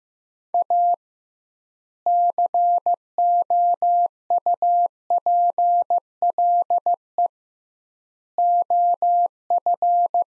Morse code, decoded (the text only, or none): A COUPLE OF